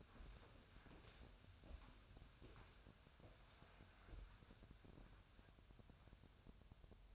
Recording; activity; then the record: daily activity, microphone in the room; walk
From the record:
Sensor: 2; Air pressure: 1015.2 hPa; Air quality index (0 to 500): 124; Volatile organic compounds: 4 ppm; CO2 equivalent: 1588 ppm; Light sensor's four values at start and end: 11/31/12/13 and 9/25/9/10